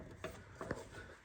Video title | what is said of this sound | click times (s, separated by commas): Air Spring, Air Bag replacement - Trailblazer, Envoy, Buick Rainier or Saab 9-7X - suspension fix | We'll give it a turn. Make sure it locks into place. | 0.7 s